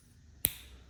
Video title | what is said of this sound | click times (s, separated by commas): Oz Machine Roosevelt Disassembly and Thoughts | There we go. Snaps right in. | 0.5 s